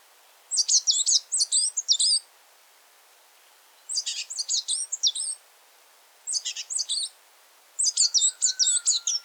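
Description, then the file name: Eurasian blackcap song: four high, scratchy warbled phrases separated by short silent pauses. "Sylvia atricapilla"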